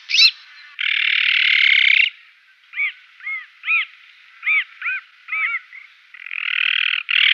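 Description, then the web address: Azure-winged magpie calls: long harsh rasping notes near the start and at the end, with a run of short arched whistled notes between them. "Schulze Peter Azure-winged Magpie calls"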